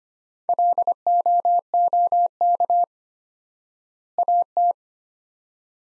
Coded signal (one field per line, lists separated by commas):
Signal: Morse code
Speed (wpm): 25 wpm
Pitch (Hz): 700 Hz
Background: none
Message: LOOK AT